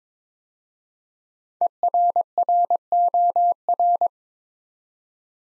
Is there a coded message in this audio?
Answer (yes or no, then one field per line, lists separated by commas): yes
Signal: Morse code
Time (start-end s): 1.6-4.1 s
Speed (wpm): 22 wpm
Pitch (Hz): 700 Hz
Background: none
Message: ERROR